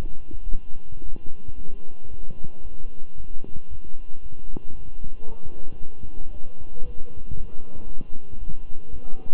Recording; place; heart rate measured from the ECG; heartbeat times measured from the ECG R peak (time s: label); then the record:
heart sounds by stethoscope; between the tricuspid and mitral areas; 114 bpm
0.51 s: heartbeat
1.03 s: heartbeat
1.56 s: heartbeat
2.09 s: heartbeat
2.63 s: heartbeat
3.16 s: heartbeat
3.69 s: heartbeat
4.22 s: heartbeat
4.75 s: heartbeat
5.28 s: heartbeat
5.80 s: heartbeat
6.32 s: heartbeat
6.85 s: heartbeat
7.36 s: heartbeat
7.87 s: heartbeat
8.39 s: heartbeat
8.90 s: heartbeat
From the record:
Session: walking at 3.7 km/h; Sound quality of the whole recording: good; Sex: male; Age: 23 years